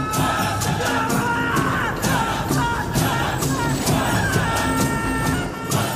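Onlookers in a temple cheer and shout continuously, urged on by a priest, as a caged man is lowered into a lava pit; a dense roar of overlapping voices with repeated sharp whoops and yells rising above the steady, loud din.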